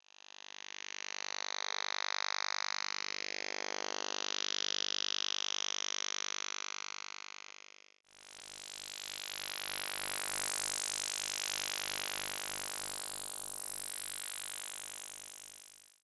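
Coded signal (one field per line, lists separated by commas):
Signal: radar signal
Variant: Kontayner 29B6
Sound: harsh rapid buzzing drone filling the band, steady repetitive pulses, two sections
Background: radio static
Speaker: the radar transmits all over the broadcast and amateur bands with no regard for anyone using these frequencies it often causes massive interference problems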